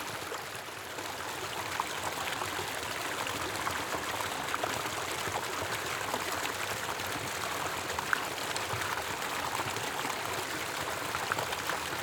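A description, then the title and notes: A tiny stream spills over a small waterfall, a steady rush of water with dense splashing and trickling that stays even throughout. The sound sits mostly in the mid and upper range, with occasional brighter drips popping out, like one near eight seconds. Tiny Stream Waterfall.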